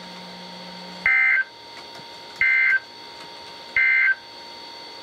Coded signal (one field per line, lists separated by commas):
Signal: Emergency Alert System (SAME) tones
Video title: EAS #1098: Another Weekly Test | KHB36 & WXM42